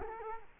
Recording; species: mosquito wingbeat signal from an infrared sensor; Culex quinquefasciatus